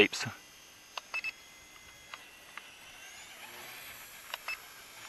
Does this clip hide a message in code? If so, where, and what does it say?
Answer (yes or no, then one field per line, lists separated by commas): no